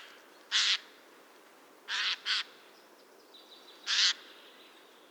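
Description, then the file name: Eurasian jay giving harsh, rasping screeches, one single, then a quick pair, then another single, each short and broad-toned against a quiet background. "Garrulus glandarius"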